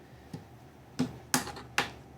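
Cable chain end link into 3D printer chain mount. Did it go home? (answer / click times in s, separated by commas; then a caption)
yes / 1.3 s, 1.8 s. The loose top end of the plastic cable chain carrying the heated bed wiring on an LDO Voron 0.2 3D printer is pressed back into its printed chain mount; it had come out while things were moved around and had not been snapped in tightly the first time. Two softer knocks at 0.3 s and 1.0 s come before two sharp snaps at 1.3 s and 1.8 s. The chain end is now seated in the mount.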